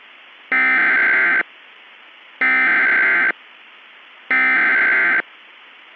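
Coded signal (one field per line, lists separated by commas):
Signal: Emergency Alert System (SAME) tones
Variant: header bursts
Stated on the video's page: EAS tones in a fictional EAS scenario about a hurricane making landfall in southern California.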